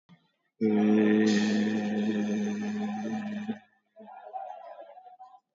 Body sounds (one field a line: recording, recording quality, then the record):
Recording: sustained vowel as in made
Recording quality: excellent, no background noise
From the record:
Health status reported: COVID-19 positive, mild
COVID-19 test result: positive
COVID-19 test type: RT-PCR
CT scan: taken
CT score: 13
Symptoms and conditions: cough, sore throat, fatigue, loss of smell and taste, diabetes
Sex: male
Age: 51 years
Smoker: no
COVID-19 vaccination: none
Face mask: worn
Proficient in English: yes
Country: India